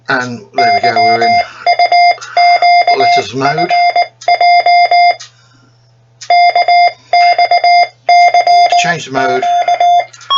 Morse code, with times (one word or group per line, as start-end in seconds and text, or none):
0.6-5.1 YUQFJ
6.3-10.0 KXCQ